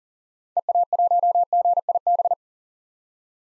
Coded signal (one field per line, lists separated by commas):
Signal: Morse code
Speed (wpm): 40 wpm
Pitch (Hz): 700 Hz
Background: none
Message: EA1GIB